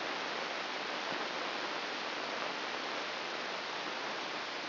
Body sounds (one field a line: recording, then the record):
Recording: brain microelectrode recording played as sound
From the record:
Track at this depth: inside the subthalamic nucleus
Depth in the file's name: 3.402 mm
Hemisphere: right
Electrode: 2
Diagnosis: Parkinson's disease